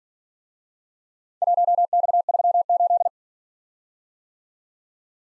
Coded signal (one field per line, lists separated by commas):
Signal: Morse code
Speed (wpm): 50 wpm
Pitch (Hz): 700 Hz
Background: none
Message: 1X38